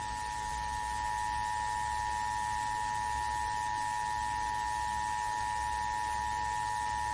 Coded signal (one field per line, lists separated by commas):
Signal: Emergency Alert System (SAME) tones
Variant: 853 and 960 Hz attention tone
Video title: [EAS Scenario] The shaking earth